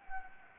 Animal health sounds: mosquito wingbeat signal from an infrared sensor; Anopheles gambiae

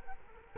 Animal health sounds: mosquito wingbeat signal from an infrared sensor; Culex quinquefasciatus

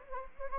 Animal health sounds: mosquito wingbeat signal from an infrared sensor; Anopheles gambiae

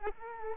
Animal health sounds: mosquito wingbeat signal from an infrared sensor; Culex quinquefasciatus

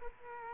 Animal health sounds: mosquito wingbeat signal from an infrared sensor; Culex quinquefasciatus

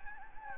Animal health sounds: mosquito wingbeat signal from an infrared sensor; Anopheles gambiae

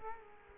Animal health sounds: mosquito wingbeat signal from an infrared sensor; Culex quinquefasciatus

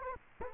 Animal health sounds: mosquito wingbeat signal from an infrared sensor; Culex quinquefasciatus

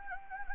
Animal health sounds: mosquito wingbeat signal from an infrared sensor; Anopheles gambiae

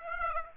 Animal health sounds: mosquito wingbeat signal from an infrared sensor; Aedes aegypti

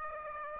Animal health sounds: mosquito wingbeat signal from an infrared sensor; Aedes aegypti

